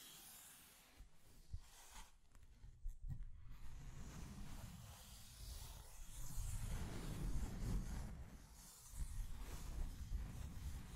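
Scratching and tracing sounds form continuous, dense rubbing with brief pauses near two and three seconds, growing fuller and louder after six seconds.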